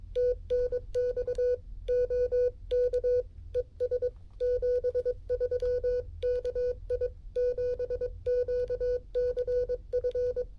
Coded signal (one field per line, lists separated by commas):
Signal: Morse code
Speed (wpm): 22 wpm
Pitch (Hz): 490 Hz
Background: music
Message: TNX OK ES 73 KI7QCF